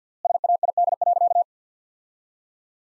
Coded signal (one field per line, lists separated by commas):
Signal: Morse code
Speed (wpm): 50 wpm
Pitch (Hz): 700 Hz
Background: none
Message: SAID.